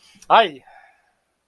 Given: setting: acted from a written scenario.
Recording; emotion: vocal sound without words; embarrassment